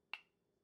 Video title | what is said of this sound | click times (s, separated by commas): July FAVORITES - Makeup, Perfume, Body Care and Skincare!! | you hear that little sound. That means it's sealed. | 0.1 s